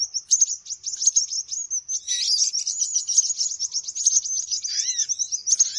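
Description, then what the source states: Bird chirping in a rapid, high-pitched stream of twittering notes and trills, dense and unbroken, with a few lower, descending chirps near the end. Lure sound used to attract birds; said to draw many birds close as soon as it is played.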